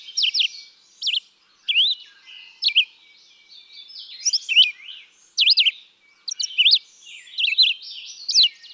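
Red-eyed vireo singing slurred whistled phrases separated by short silences, with soft background twittering between them.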